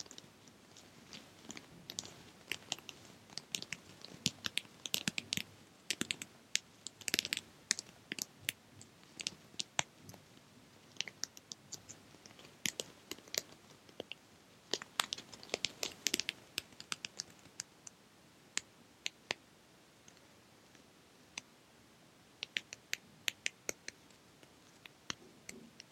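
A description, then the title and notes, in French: Soft sounds of quick, irregular crinkly taps and clicks, with busier bursts around five and sixteen seconds. Des sons doux.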